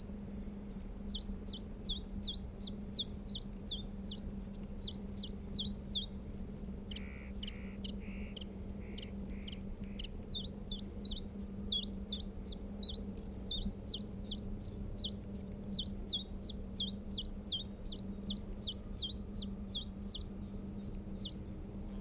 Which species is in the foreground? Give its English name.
Willow Warbler